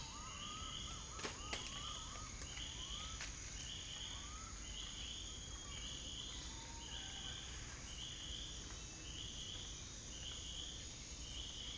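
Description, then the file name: Cicada call: a continuous high hiss with regular short buzzy bursts about once a second, plus a few rising whistled notes and clicks early on. Recorded in French Guiana. "Guyane cigale"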